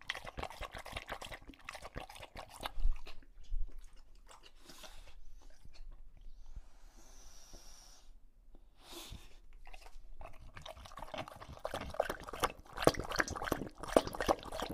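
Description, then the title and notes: English Bulldog drinking in fast wet laps, with a quieter pause midway before lapping again. Male English Bulldog named Lucho drinking water from a bowl after a long walk, breathing heavily between drinks, out of breath from the walk and from drinking so long. "English Bulldog Drinks from Water Bowl - Weird Sounds. listen to Lucho the English Bulldog as he tries to drink water after a long walk. Don't let his heavy breathing fool you in between drinks, he's equally out of breath from the walk"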